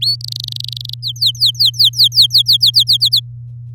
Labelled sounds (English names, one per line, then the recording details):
Domestic Canary song
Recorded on 9 May 2018 at 06:16
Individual llb16